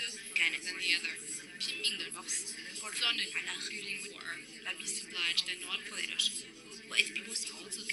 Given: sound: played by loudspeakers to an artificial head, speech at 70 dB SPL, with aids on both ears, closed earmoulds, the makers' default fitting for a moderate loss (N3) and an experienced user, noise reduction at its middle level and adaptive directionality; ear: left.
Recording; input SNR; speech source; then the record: speech test signal (ISTS) in cocktail-party noise; -6 dB; in front (0 degrees)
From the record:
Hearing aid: class 2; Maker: J